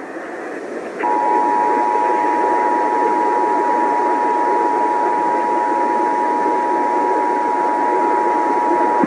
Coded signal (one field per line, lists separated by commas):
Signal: Emergency Alert System (SAME) tones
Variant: 853 and 960 Hz attention tone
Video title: PA Required Monthly Test (2/15/18)